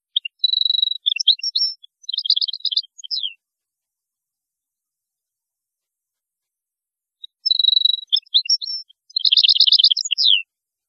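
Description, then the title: European goldfinch song in two bursts several seconds apart, each a run of bright twittering notes with a fast buzzy trill and a falling slur. "Chant Chardonneret"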